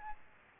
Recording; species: mosquito wingbeat signal from an infrared sensor; Aedes aegypti